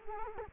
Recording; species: mosquito wingbeat signal from an infrared sensor; Culex quinquefasciatus